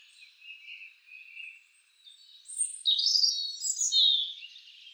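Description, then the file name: European robin song: high, thin warbling, quiet at first and then a short, loud, shrill burst over faint background hiss. "Erithacus rubecula"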